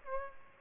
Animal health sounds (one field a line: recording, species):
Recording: mosquito wingbeat signal from an infrared sensor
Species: Aedes aegypti